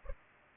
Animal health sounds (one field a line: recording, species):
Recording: mosquito wingbeat signal from an infrared sensor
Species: Culex pipiens